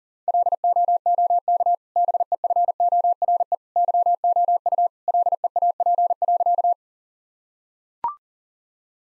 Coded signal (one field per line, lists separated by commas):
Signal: Morse code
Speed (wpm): 40 wpm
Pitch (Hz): 700 Hz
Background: none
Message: LOOK BEFORE YOU LEAP.